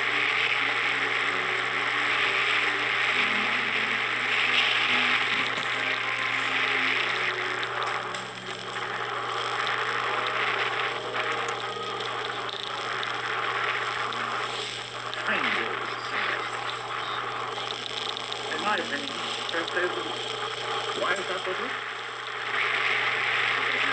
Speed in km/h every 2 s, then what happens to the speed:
41, 41, 36, 32, 30, 32, 35, 31, 30, 32, 35, 38.
2-7 slows to 30. 7-16 steady at about 31. 16-24 speeds up to 38.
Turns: none.